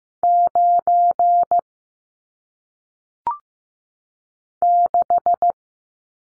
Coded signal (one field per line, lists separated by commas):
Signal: Morse code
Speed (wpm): 15 wpm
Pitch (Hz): 700 Hz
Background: none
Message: 9 6